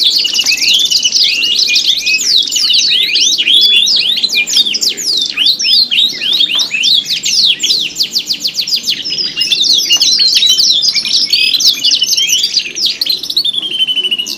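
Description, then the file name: Canary song: a dense, continuous run of quick chirps, rolling trills and sharp sweeping notes. Simulated canary singing-contest audio with isian (tutor or fill-in songs). "audio-simulasi-lomba-kenari-isian 3-omkicau"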